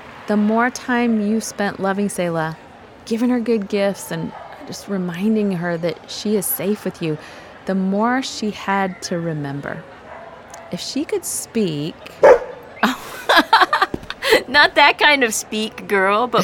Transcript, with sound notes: The more time you spent loving Selah, giving her good gifts and reminding her that she is safe with you, the more she had to remember. If she could speak,
[Bark] (Laughter) Ha ha! Not that kind of “speak,” girl.